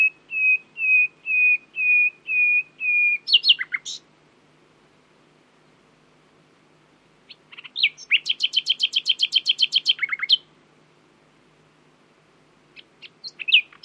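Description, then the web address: Common nightingale song: a run of six steady whistled notes, then a sharp dip and, after a pause, a fast rattling trill, then after another pause scattered chirps; faint low hum. "owen Common Nightingale (Luscinia megarhynchos)"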